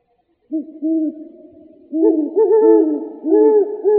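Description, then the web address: Great horned owls, deep hoots from one bird answered by a second, slightly higher owl, the two series overlapping toward the end. Arizona, 23 September 2007. "Owls AZFO GHOW 5 deviche 092307"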